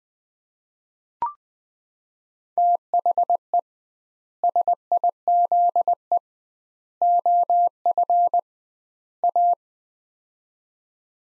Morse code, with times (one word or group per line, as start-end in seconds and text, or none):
2.6-3.6 THE
4.4-6.2 SIZE
7.0-8.4 OF
9.2-9.5 A